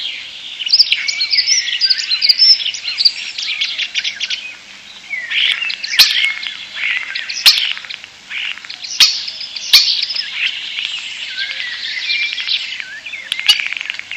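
European starling song, a continuous medley of chattering, clicks, wheezes and whistled fragments, with occasional sharp snapping notes.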